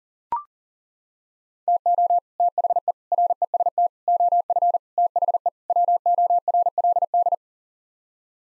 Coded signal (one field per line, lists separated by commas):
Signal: Morse code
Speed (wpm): 40 wpm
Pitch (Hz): 700 Hz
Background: none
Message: TO THE REST OF THE WORLD